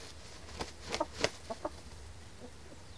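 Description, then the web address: Chickens scratching: a short burst of crisp taps and scrapes mixed with brief low clucks, then quieter scuffing over a low background rumble. Chickens scratching; livestock. "The BBC Sound Effects Library Livestock Chickens Scratching"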